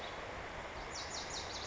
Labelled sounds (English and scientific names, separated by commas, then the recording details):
Lazuli Bunting (Passerina amoena)
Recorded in Sonoma County, California